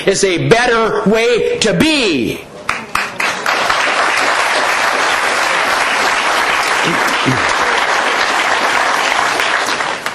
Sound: applause